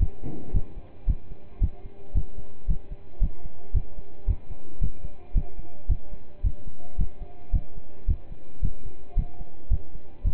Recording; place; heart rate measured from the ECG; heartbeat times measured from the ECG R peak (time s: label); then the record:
heart sounds by stethoscope; between the tricuspid and mitral areas; 111 bpm
0.54 s: heartbeat
1.07 s: heartbeat
1.61 s: heartbeat
2.15 s: heartbeat
2.68 s: heartbeat
3.21 s: heartbeat
3.74 s: heartbeat
4.27 s: heartbeat
4.81 s: heartbeat
5.35 s: heartbeat
5.89 s: heartbeat
6.43 s: heartbeat
6.98 s: heartbeat
7.53 s: heartbeat
8.08 s: heartbeat
8.62 s: heartbeat
9.16 s: heartbeat
9.70 s: heartbeat
10.24 s: heartbeat
From the record:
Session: pedaling a stationary bicycle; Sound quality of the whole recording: partially saturated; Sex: male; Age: 27 years